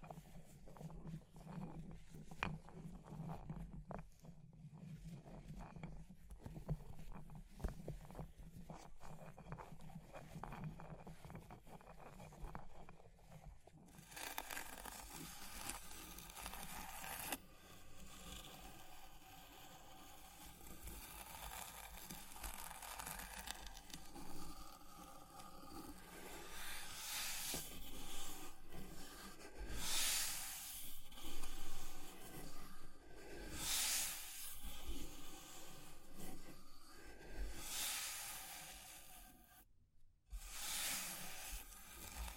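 Fire crackles with scattered tapping and scratching. The first fourteen seconds are quieter, with a low hum under soft clicks. Then a steady, bright hiss takes over, dense with pops and rubbing bursts that peak around thirty seconds, before a brief cut near forty.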